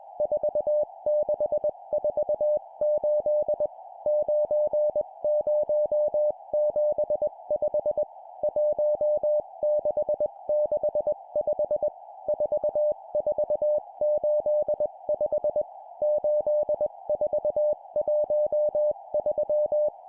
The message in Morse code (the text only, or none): 4648 9075 1665 4485 8413